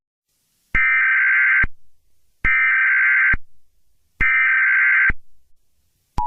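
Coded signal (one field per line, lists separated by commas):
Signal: Emergency Alert System (SAME) tones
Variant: header bursts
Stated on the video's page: Fictional EAS scenario.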